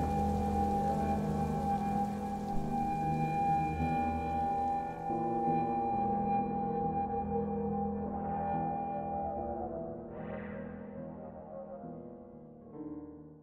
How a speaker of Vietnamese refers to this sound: Trời đang nắng gắt, bỗng dưng mây đen kéo đến, rồi trời đổ mưa.